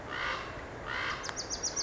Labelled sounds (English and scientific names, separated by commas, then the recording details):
Bewick's Wren (Thryomanes bewickii)
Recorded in Sonoma County, California